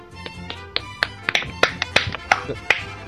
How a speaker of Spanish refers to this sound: Yo creo que eso se merece un gran aplauso, señores.